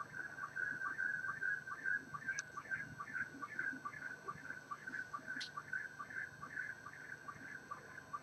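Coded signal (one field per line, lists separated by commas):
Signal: SSTV (slow-scan television)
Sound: warbling tone near 1.5 kHz with a short low blip roughly every 0.4 seconds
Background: radio static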